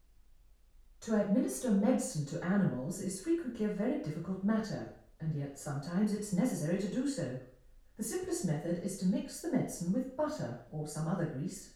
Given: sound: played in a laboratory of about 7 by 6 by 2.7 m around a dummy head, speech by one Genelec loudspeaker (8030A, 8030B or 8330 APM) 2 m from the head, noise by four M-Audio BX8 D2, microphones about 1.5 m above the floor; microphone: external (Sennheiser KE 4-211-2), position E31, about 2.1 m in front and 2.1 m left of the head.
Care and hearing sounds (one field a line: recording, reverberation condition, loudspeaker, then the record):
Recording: female speech in English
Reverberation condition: medium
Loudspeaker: 120 degrees to the left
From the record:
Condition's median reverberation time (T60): about 510 ms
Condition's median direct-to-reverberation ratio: about -0.5 dB